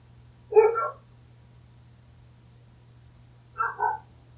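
Dog barking, two short rough barks about three seconds apart, over a low steady hum.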